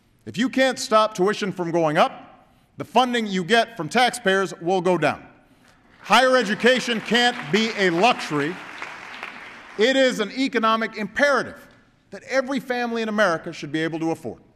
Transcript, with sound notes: If you can’t stop tuition from going up, the funding you get from taxpayers will go down. (Applause.) Higher education can’t be a luxury -– it is an economic imperative that every family in America should be able to afford.